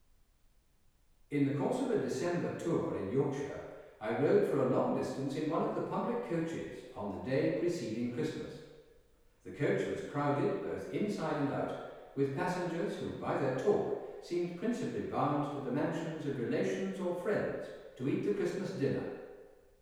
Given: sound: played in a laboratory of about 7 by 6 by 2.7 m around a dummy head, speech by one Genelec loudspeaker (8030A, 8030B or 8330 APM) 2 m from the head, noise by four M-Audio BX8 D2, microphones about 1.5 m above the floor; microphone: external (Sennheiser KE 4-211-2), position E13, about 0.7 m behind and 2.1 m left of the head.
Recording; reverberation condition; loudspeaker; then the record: male speech in English; high; 90 degrees to the right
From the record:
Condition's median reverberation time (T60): about 1300 ms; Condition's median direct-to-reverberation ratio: about -4.0 dB